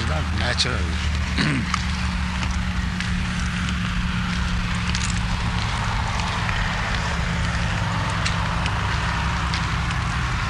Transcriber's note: sound of bus passing